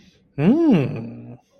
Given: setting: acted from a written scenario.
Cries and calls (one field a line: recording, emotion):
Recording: vocal sound without words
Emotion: romantic love